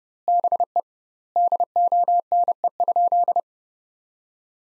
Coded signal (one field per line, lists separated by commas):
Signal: Morse code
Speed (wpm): 30 wpm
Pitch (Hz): 700 Hz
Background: none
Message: BE DONE?